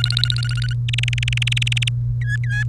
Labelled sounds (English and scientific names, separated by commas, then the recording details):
Domestic Canary (Serinus canaria) song
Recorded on 30 April 2018 at 17:48
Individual llb3